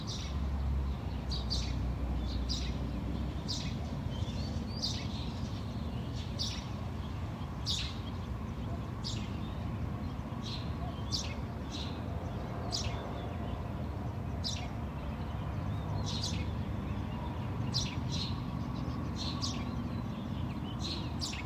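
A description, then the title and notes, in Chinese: Birds chirp in short, bright bursts, roughly one every second or so, sometimes in quick pairs, through the whole clip. Beneath them runs a steady, dense low rumble like traffic, with the level holding constant throughout. 这段声音来自于4月23日的早晨。Kidd发来大理清晨的声音。听到陆续传出来的鸟叫声，一只，两只，三只，有的叽叽喳喳，有的布谷布谷。都是用简单的设备录制而成，没有经过太多修饰。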